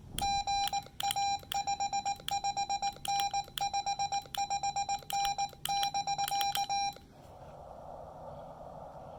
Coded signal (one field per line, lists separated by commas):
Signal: Morse code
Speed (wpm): 18 wpm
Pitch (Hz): 810 Hz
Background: none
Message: GA 55N 55N <BK>